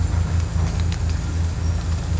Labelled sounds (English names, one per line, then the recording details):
none
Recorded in pastures near Puerto Asís, Putumayo, Colombia, on 21 December 2024 at 11:00
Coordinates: 0.466, -76.322
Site G040